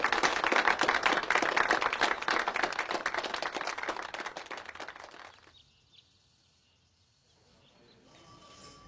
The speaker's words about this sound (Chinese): 现场爆发出热烈的掌声。